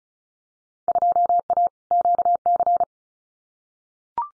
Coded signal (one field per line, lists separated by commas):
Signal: Morse code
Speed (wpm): 36 wpm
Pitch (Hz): 700 Hz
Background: none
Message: 2A QC